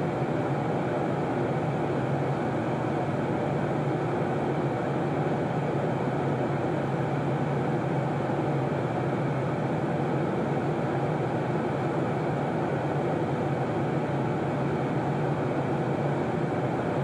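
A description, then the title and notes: Steady airplane background noise, a constant low roar with a deep rumble and a dense hiss reaching well up into the higher range. The level never changes across the whole stretch, with no distinct events standing out, like sitting inside a cabin in flight. Airplane Background Noise.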